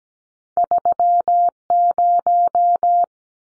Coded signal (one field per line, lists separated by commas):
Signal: Morse code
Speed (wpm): 17 wpm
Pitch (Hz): 700 Hz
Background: none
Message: 30